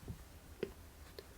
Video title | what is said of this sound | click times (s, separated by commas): Fiat 500 How to fold down rear seats to increase Fiat 500 luggage space | and giving it a good push so it locks into place | 0.6 s, 1.2 s